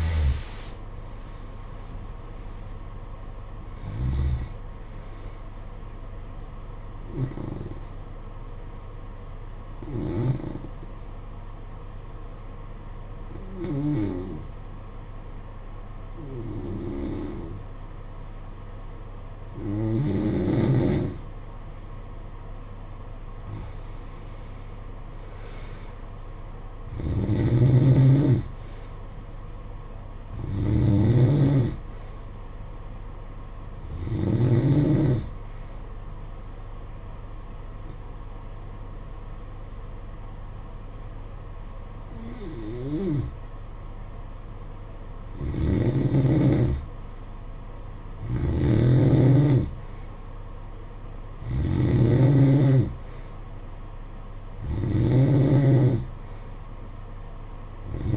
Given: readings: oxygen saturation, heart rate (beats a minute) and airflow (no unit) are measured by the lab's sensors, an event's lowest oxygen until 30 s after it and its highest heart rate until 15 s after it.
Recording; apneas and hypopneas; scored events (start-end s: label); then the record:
breathing in sleep by a smartphone at the bedside; 2
7.00-23.50 s: hypopnea (N3, oxygen 93% highest, then 89% lowest, heart rate 70 at the start, 70 highest)
16.00-58.17 s: new sleep stage, N2 (light sleep)
35.00-47.10 s: hypopnea (N2, oxygen 92% highest, then 90% lowest, heart rate 56 at the start, 61 highest)
From the record:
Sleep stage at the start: N3 (deep sleep); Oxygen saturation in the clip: 89 to 94%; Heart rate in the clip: 53 to 71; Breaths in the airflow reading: 13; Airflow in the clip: -14.4 to 22.3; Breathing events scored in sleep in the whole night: 476 in 9.7 hours asleep